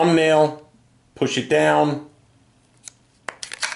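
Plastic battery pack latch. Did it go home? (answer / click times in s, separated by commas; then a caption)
released / 3.3 s. Someone talks while pressing down the release on a handheld Hytera PD562 digital DMR two-way radio. At 3.3 s a sharp click sounds as the plastic battery pack pops out of the radio body, followed by a few quieter clicks and rattles. The battery is released.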